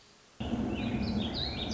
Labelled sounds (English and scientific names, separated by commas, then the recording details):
Warbling Vireo (Vireo gilvus)
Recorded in Sonoma County, California